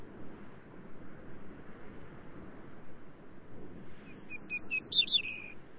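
Grey-necked bunting gives one brief phrase near the end: several clear high notes, then a quick downward slur into a buzzy trill, after quiet hiss.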